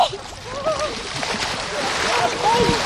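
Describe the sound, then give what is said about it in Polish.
Continuous sloshing and splashing of water as a winter swimmer wades step by step into an icy lake from a beach, with faint voices calling out in the background. “Tak, idę do wody.”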